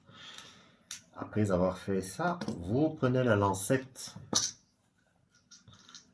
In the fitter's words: Pour enlever l'aiguille utilisé, il faut juste tourner dans le sens contraire. Vous entendez le clic